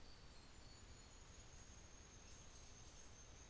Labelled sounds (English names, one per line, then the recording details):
New Zealand Fantail
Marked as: faintness 3/5
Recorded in New Zealand on 24 December 2018
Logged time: 15:00